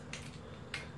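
A click-type torque wrench with a size 14 socket tightens the main bearing cap bolts on a B16A crank in a Civic EG hatchback engine block to 18 ft lb. Two sharp clicks ring out at 0.1 s and 0.7 s over a low steady hum. Each click confirms the wrench reached its 18 ft lb setting, and the clicking is judged good.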